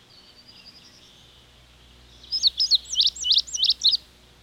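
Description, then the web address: Indigo bunting song: a faint thin warble, then a quick phrase of high, sweeping paired notes, over low background noise. "peterchen. 101 Bird Songs. Indigo Bunting"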